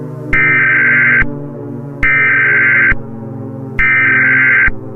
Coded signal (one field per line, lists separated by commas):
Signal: Emergency Alert System (SAME) tones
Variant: header bursts